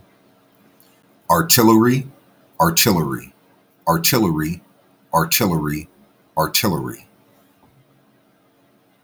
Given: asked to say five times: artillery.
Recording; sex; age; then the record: repeated word; male; 40 to 49 years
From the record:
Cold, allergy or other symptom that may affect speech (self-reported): no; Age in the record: 45 years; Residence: Ohio, United States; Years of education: 13